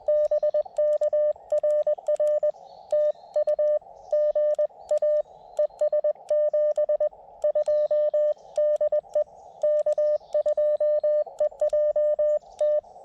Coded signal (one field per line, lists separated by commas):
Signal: Morse code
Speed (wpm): 20 wpm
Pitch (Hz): 590 Hz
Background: radio noise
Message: BK RR TU GA ES 72 DE K2EJT